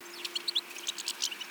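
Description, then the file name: European goldfinch calls, bright tinkling twitters in quick, high, liquid notes, with a low steady hum underneath. "Carduelis carduelis"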